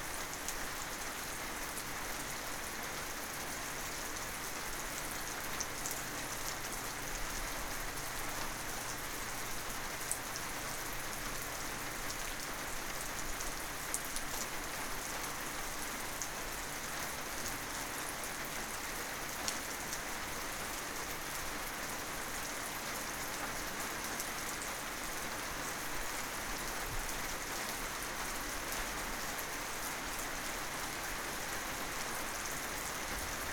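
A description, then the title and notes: A midday rain shower falls steadily and densely, a bright even hiss with close drops pattering on a surface and a faint low rumble beneath. Soothing Midday Rain Shower.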